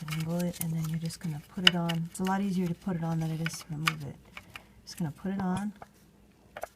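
On a 1998–2005 Mercedes W163 ML350/ML500, an electrical connector is being pushed onto the EGR valve's plastic connector while someone talks. Near the end at about 6.6 s there are a couple of faint, brief handling ticks. The connector has not seated or clicked yet.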